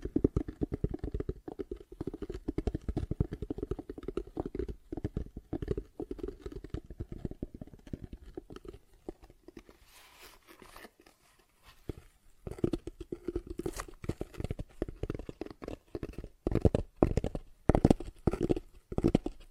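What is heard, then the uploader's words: Tapping and scratching sounds come in quick, irregular bursts of dull knocks with a low body and a soft crackle on top. Around ten seconds it thins into quieter scraping and rustling, then louder, sharper taps return and grow denser toward the end. ASMR Tapping, Scratching & Zipper Sounds.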